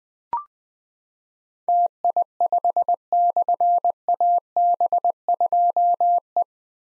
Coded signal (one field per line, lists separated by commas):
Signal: Morse code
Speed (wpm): 20 wpm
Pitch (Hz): 700 Hz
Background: none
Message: TI5/AB2E